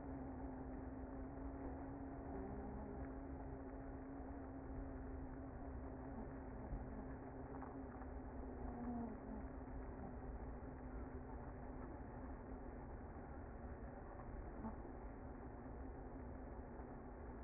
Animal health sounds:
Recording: honeybee colony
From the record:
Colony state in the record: active

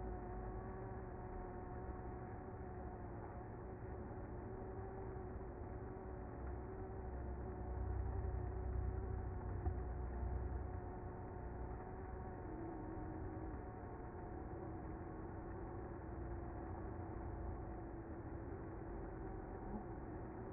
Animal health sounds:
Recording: honeybee colony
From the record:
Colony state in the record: active

